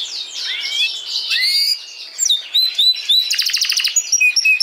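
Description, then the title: Domestic canary song: a continuous warbled flow of rising and falling whistled notes, then rapid buzzy trills and short repeated chips near the end. Portuguese canary breed. "Kenari Portugis"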